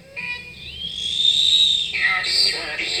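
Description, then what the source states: Yellow-bellied glider giving a long, high, drawn-out shriek that rises and holds, then breaks into shorter wavering high notes near the end. Recorded on song meters during a wildlife survey.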